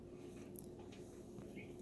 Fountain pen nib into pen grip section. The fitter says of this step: can see where it clicks into place apparently like right there